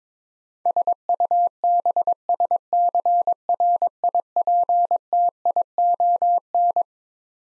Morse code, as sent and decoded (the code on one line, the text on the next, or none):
... ..- -... ... -.-. .-. .. .--. - .. --- -.
SUBSCRIPTION